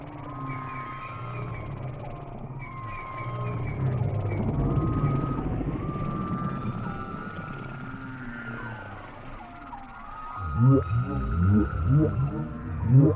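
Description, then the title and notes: Whale song: long drawn-out tonal moans gliding slowly, then a series of short upswept whooping calls repeated at the end over a low rumble. Whale sounds presented without music, intended for sleep. "WHALE SOUNDS, WHITE NOISES. WHALE SOUNDS WITHOUT MUSIC"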